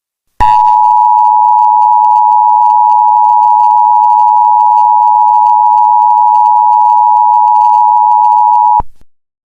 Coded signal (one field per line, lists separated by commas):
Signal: Emergency Alert System (SAME) tones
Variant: 853 and 960 Hz attention tone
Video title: EAS Scenario #1: Tornado Trouble (old)